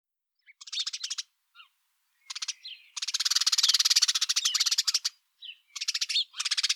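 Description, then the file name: House sparrow chirping in rapid buzzy bursts of repeated notes, with short gaps and a long continuous run of chirps in the middle. "Passer domesticus"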